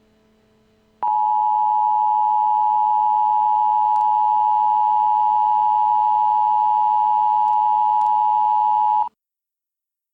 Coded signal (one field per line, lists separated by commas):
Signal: Emergency Alert System (SAME) tones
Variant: 853 and 960 Hz attention tone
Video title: EAS Mock: How I feel about the Ravens Loss against the Buffalo Bills